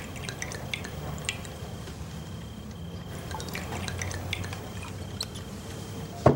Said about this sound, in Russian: Гоцман наливает коньяк в рюмки. Сначала Норе, потом себе.